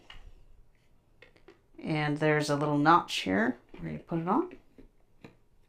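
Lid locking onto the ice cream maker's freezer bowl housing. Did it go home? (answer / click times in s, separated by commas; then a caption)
yes / 5.3 s. A Pampered Chef ice cream maker's lid is lined up with a small notch on the plastic housing of the freezer bowl and turned or pushed on while someone talks. A few faint ticks of handling come before the speech, then one short tick at 5.3 s as the lid locks into place.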